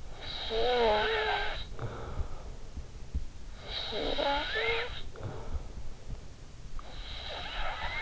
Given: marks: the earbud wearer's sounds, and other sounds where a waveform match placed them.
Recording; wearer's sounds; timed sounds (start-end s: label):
sounds in sleep by an in-ear microphone; snoring breath
0.00-8.02 s: snoring breath